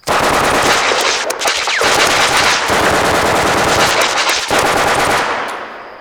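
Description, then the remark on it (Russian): A soldier sweeps an MP-40 submachine gun from side to side over a swamp and fires a full magazine in one long, sustained burst, rapid shots blurring into one loud, continuous rattle for about five seconds before cutting off, with no voices; bullets cut down reeds that fall into the water. “Осматривающий болото солдат, водя дулом автомата пулемета МП-40 из стороны в сторону, расстреливает обойму.”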